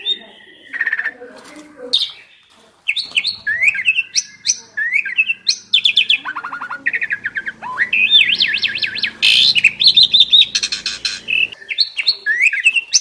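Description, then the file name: Asian pied starling song, a dense run of whistled, rising and falling notes mixed with harsh buzzy bursts and rapid chattering. Indonesian name jalak suren; described as a champion bird. "suara burung jalak suren juara"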